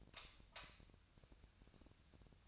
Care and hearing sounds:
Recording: daily activity, microphone in the room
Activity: light off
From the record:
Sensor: 2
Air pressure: 1009.7 hPa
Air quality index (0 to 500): 182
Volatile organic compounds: 11 ppm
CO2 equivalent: 2272 ppm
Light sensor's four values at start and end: 33/86/36/39 and 28/68/30/33

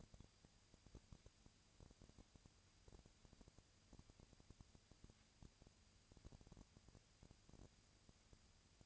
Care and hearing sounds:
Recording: daily activity, microphone in the room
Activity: no activity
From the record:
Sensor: 2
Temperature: 20.1 degrees Celsius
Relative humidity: 35.5%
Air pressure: 996.9 hPa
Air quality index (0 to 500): 198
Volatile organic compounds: 30 ppm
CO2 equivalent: 2959 ppm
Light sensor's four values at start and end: 2/3/2/2 and 2/3/2/2

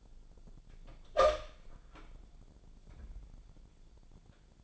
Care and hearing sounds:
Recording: daily activity, microphone in the room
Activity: open door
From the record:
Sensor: 5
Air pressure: 1000.5 hPa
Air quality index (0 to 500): 152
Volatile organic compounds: 2 ppm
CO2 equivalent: 1173 ppm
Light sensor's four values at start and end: 49/114/47/51 and 48/113/47/50

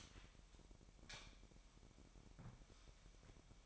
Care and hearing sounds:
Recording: daily activity, microphone in the room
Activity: light on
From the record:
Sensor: 1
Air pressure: 1012.0 hPa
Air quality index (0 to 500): 236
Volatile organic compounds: 6 ppm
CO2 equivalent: 1882 ppm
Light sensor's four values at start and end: 15/35/15/17 and 18/50/20/22

